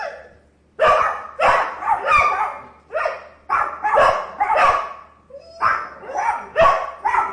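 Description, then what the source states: Dogs barking, sharp overlapping barks in quick irregular bursts after a quiet first second, with a faint low hum beneath. More than one dog barking.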